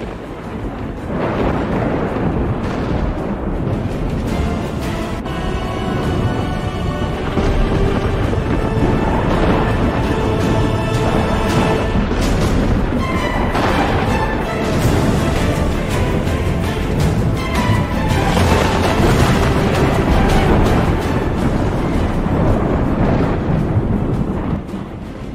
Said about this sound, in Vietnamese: Sấm chớp trên trời đùng đùng dẫn thẳng xuống mặt biển, tạo ra một kỳ cảnh kinh hoàng.